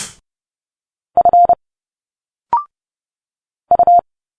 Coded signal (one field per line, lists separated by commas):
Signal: Morse code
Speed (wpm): 30 wpm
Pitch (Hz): 700 Hz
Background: none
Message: F U